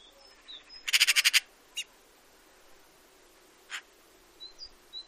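Eurasian magpie gives a fast dry rattle of about seven harsh notes, followed by two separate rasping calls, with faint high chirps from small birds.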